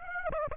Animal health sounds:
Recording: mosquito wingbeat signal from an infrared sensor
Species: Aedes aegypti

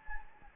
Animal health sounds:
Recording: mosquito wingbeat signal from an infrared sensor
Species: Anopheles gambiae

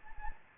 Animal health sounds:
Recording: mosquito wingbeat signal from an infrared sensor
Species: Anopheles gambiae

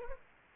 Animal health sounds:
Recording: mosquito wingbeat signal from an infrared sensor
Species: Culex quinquefasciatus

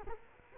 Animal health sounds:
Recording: mosquito wingbeat signal from an infrared sensor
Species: Culex quinquefasciatus

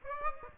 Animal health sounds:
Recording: mosquito wingbeat signal from an infrared sensor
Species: Aedes aegypti

